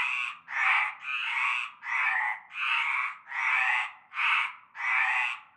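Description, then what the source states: Frogs croaking in chorus, long harsh rasps near one per second, merging into one another with brief gaps. Chorus of frogs from nightfall in a large concrete basin with stagnant greenish water, Avenue Cante Coucou, Groupède, La Ciotat, Bouches-du-Rhône, France.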